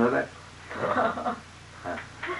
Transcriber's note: laughter